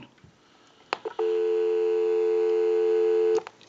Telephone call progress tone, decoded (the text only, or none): dial tone